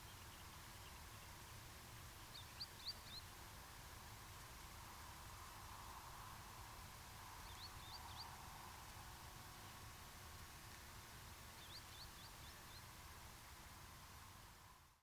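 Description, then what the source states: Green sandpiper calls: three brief groups of high, thin whistled notes a few seconds apart, faint over a steady low rumble and hiss. Arne Moors.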